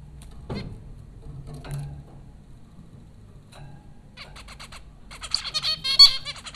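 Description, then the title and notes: Zebra finch calls: a few scattered clicks and honks, then a rapid, crowded run of nasal beeps to the end. Zebra finches recorded by Dan Bodah at Popcorn School, Flatbush, Brooklyn, New York, in April 2009. "Dronecast: The Popcorn Finches Four from Apr 15, 2009. Zebra finches recorded by Dan Bodah at Popcorn School, Flatbush, Brooklyn NY in April 2009"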